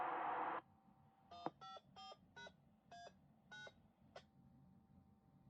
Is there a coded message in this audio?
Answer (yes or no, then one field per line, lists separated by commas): yes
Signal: DTMF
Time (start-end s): 1.3-3.7 s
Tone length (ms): 150 ms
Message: 154#A9